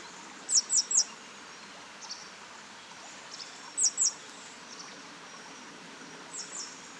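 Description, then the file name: Great tit calling: a quick triplet of high, thin notes, then a pair a few seconds later, with soft background noise. "Parus major"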